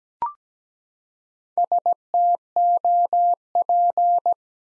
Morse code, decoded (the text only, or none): STOP